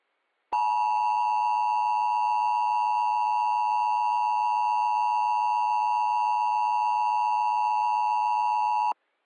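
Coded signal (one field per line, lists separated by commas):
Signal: Emergency Alert System (SAME) tones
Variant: 853 and 960 Hz attention tone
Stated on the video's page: Mock EAS alerts made by the uploader.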